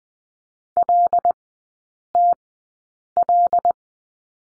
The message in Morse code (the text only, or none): LTL